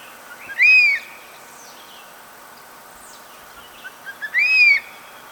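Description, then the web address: Black hawk-eagle giving two clear whistled notes about four seconds apart, each rising then level, the second introduced by a few short soft notes. "chant xeno-canto aigle tyran"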